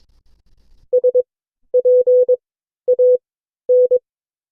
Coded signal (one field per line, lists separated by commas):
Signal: Morse code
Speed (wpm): 22 wpm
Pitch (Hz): 500 Hz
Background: none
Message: SPAN